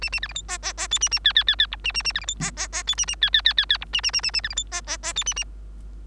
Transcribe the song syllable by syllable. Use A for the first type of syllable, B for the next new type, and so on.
A A B C D E E E F A A G G G G H A A A B C D E E E F A A G G G G G H A A A A A B C D E E E F A A